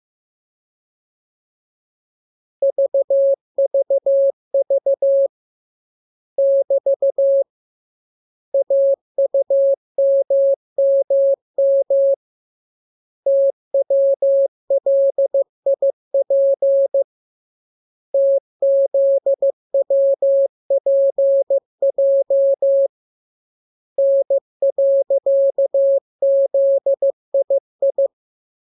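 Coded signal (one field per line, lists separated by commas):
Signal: Morse code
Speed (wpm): 15 wpm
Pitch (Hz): 550 Hz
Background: none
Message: VVV <BT> AUMMM TWLIP TZWPJ N.ZII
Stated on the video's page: Morse lesson 15 on letters KMURESNAPTLWI.JZ; each radiogram opens with VVV and a section sign and ends with AR.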